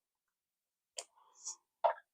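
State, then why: Seated. A plastic IRX4 Lite multi-protocol RF module is pushed into the module bay on the back of an X20 Pro radio transmitter, where it fits easily. A sharp click at 1.0 s shows the module seating, followed by a soft scraping sound from about 1.2 to 1.5 s and a louder, fuller knock at about 1.9 s.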